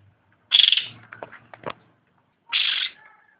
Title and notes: Cucak Rante. Suara Cucak Ijo